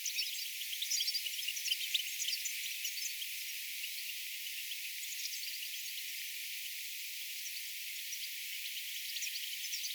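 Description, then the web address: European goldfinch flock calling, a dense, faint stream of tinkling, twittering notes throughout, with no other clear sounds. About sixty goldfinches on a seed field, 23 September 2024. "paivat 23 9 2024 siella siemenpellolla oli kuutisenkymmenta tiklia"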